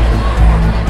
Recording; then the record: background sound without coughing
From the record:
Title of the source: Party Noise 1 Hour Party Ambience